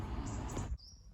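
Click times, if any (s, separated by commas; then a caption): none. The handlebar of a Britax Smile III travel system pushchair is pushed down to fold the chassis toward its small side fold lock. Steady broadband handling noise runs until about 0.8 s, then drops to a quieter background with a faint high tone. Nothing has seated or clicked yet.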